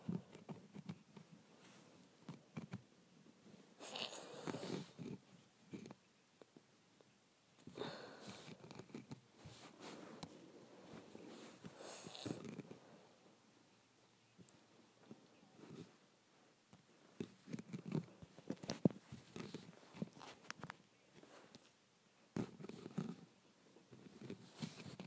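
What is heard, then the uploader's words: Irregular bouts of scratching against a window, rough and gritty, with brighter strokes near five and twelve seconds and brief quiet gaps between. ASMR Scratching my Window.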